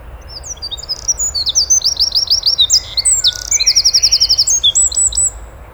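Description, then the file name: Eurasian wren delivering an energetic, very high song of rapid chips and rolling trills for about five seconds. "Troglodytes troglodytes"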